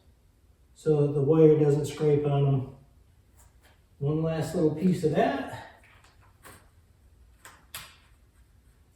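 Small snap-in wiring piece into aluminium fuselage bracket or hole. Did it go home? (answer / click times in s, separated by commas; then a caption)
yes / 7.8 s. While routing rear wiring in the aluminium fuselage of a Zenith CH 750 CruZer kit plane, a small snap-in wiring piece is pushed into a fuselage bracket or hole. Someone talks from about 0.9 to 5.6 s, then a faint tick at 7.5 s is followed by a sharp click at 7.8 s as the piece snaps into place and seats.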